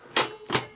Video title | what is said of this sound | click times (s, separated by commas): The JaxVax Senior - After Refurbishment | When you push down, hear that? It clicks itself down. | 0.2 s